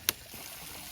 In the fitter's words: it'll snap right in as well